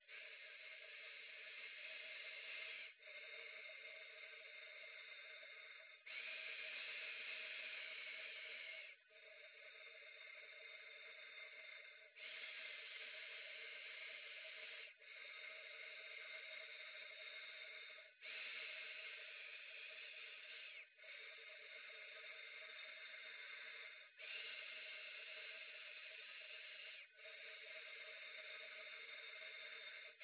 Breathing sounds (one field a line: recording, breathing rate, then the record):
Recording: paced breathing near a phone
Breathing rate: 10 breaths a minute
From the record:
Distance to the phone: 20 cm